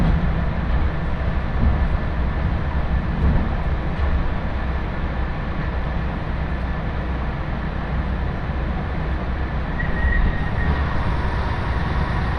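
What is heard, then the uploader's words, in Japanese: A Nagaragawa Railway train, the Nagara No. 2, rumbles along from Mino-shi toward Mino-Ota with a steady, dense low roar throughout. Faint rhythmic clatter runs beneath it, and a brief high whine rises near ten seconds. 耳で楽しむ鉄道旅 長良川鉄道 ながら２号 美濃市→美濃太田。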